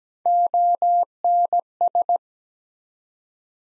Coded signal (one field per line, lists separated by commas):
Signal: Morse code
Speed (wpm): 17 wpm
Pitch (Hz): 700 Hz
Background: none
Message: ONS